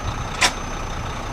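A truck tractor backs slowly under a trailer until its fifth wheel jaws close on the steel kingpin, giving a short, sharp metallic latch clack at 0.4 s over steady engine rumble. The fifth wheel is locked onto the kingpin, confirmed by a tug test.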